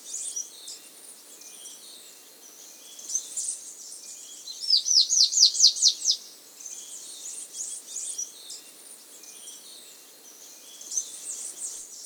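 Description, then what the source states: Russet antshrike song, a quick burst of several high sharp notes midway through, against a steady high background hiss. Recorded in South America.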